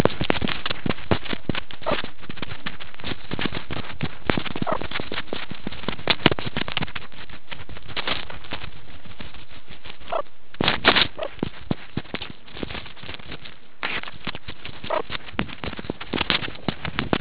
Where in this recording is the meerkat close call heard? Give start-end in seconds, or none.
1.86-1.96, 4.65-4.78, 10.09-10.23, 11.17-11.29, 14.88-15.03